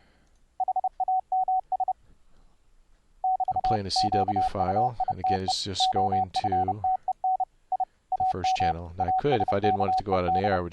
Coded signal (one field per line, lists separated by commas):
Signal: Morse code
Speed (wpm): 30 wpm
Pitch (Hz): 750 Hz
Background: speech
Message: HAMS <BT> QUITE OFTEN I AM ASKED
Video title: Morse Code Software - overview of some great CW apps - 2014